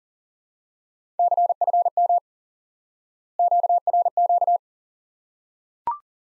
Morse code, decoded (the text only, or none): CFM QRQ